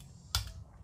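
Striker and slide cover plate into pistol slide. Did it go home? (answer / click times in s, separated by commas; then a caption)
yes / 0.4 s. On a Sig P365 pistol slide, the striker and the rear slide cover plate are reinstalled and the retaining tab is moved back out of the way, and the metal parts snap together with one sharp click at 0.4 seconds. The striker assembly is locked into place and under proper pressure.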